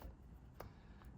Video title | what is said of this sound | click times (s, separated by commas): DEWALT DCF885 full teardown and reassembly | until it clips in | 0.6 s